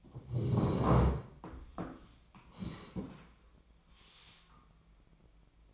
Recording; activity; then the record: daily activity, microphone in the room; sit down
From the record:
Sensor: 1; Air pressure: 1012.3 hPa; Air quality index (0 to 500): 172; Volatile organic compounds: 3 ppm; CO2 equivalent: 1412 ppm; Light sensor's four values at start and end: 43/116/47/58 and 43/116/48/58